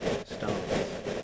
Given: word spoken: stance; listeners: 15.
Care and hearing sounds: one English word in noise, from a listening test; noise modulated by three-talker babble; -7.3 dB; 4 of 15; 7 of 15; 0.83 s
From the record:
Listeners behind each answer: 7, 4, 1, 1, 1, 1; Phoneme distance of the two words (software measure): 17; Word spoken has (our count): 1 syllable, 5 phonemes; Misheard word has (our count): 1 syllable, 4 phonemes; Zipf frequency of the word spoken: 3.74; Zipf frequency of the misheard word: 4.80

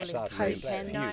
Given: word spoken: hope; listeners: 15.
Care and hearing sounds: one English word in noise, from a listening test; four-talker babble; -2.3 dB; 1 of 15; 6 of 15; 0.73 s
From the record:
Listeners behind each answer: 6, 4, 1, 1, 1, 1, 1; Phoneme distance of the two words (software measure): 10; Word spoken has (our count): 1 syllable, 3 phonemes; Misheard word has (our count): 1 syllable, 3 phonemes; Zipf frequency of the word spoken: 5.56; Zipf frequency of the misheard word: 4.28

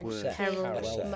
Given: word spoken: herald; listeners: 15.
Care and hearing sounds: one English word in noise, from a listening test; four-talker babble; -1.1 dB; 0 of 15; 14 of 15; 0.76 s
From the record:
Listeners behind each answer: 14, 1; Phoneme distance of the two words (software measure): 17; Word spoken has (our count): 2 syllables, 6 phonemes, stress on syllable 1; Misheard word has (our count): 2 syllables, 5 phonemes, stress on syllable 1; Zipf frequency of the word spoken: 3.47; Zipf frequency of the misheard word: 3.39

